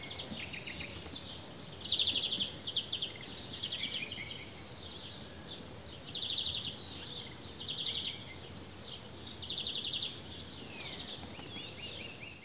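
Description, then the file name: European greenfinch giving repeated short twittering trills in bursts throughout, with high chirps and a steady background hiss. "Chloris chloris"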